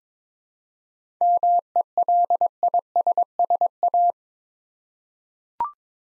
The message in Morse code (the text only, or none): MELISSA